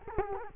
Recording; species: mosquito wingbeat signal from an infrared sensor; Culex quinquefasciatus